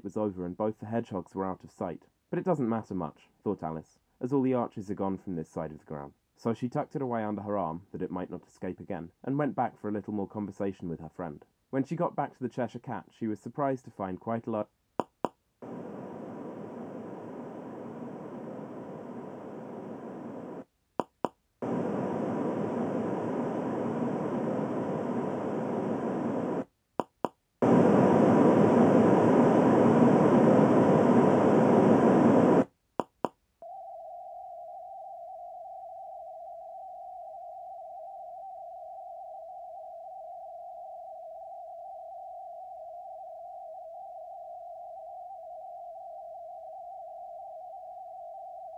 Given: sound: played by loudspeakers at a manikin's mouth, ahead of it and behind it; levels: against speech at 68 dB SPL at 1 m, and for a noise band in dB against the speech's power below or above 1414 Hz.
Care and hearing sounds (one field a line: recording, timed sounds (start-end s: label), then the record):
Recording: test signals for a remote microphone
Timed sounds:
0.00-14.62 s: man speaking
15.00 s: click
15.25 s: click
15.62-20.62 s: speech-spectrum noise, -10 dB
21.00 s: click
21.25 s: click
21.62-26.62 s: speech-spectrum noise, 0 dB
27.00 s: click
27.25 s: click
27.62-32.62 s: speech-spectrum noise, +10 dB
33.00 s: click
33.25 s: click
33.62-48.78 s: noise band at 707 Hz, as loud as that band is in speech
From the record:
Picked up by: measurement microphone